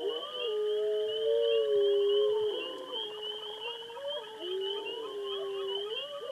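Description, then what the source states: Wolf: wolves howling in long, steady, overlapping tones that hold level then bend up and down, with a constant high whine running underneath throughout. Several wolves.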